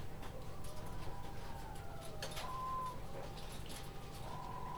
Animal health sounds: poultry house recording; healthy chickens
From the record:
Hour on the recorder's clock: 20

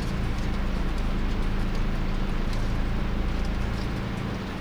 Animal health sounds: poultry house recording; no chicken sound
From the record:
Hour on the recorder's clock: 20

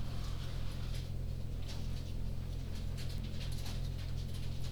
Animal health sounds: poultry house recording; no chicken sound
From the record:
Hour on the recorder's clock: 20

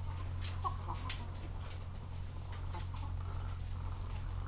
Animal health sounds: poultry house recording; sick chickens (respiratory disease)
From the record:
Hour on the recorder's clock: 14

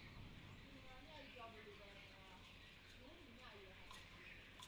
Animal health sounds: poultry house recording; healthy chickens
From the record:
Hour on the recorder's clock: 9

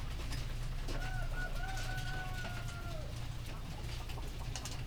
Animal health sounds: poultry house recording; healthy chickens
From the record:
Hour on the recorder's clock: 18

